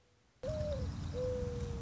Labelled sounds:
Mourning Dove (Zenaida macroura)
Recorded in Sonoma County, California

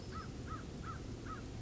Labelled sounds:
American Crow (Corvus brachyrhynchos)
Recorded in Sonoma County, California

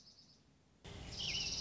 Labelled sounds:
Dark-eyed Junco (Junco hyemalis)
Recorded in Sonoma County, California

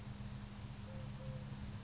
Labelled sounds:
Eurasian Collared Dove (Streptopelia decaocto)
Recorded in Sonoma County, California

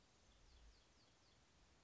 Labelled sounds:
Bewick's Wren (Thryomanes bewickii)
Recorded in Sonoma County, California

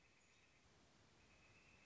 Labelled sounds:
Northern Flicker (Colaptes auratus)
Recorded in Sonoma County, California

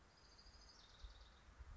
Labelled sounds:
Orange-crowned Warbler (Leiothlypis celata)
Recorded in Sonoma County, California

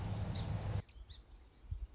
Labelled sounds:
Song Sparrow (Melospiza melodia)
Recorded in Sonoma County, California

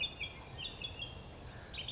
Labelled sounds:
California Towhee (Melozone crissalis)
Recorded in Sonoma County, California

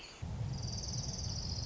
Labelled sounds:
Orange-crowned Warbler (Leiothlypis celata)
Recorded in Sonoma County, California

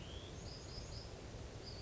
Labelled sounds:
Western Flycatcher (Empidonax difficilis)
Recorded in Sonoma County, California

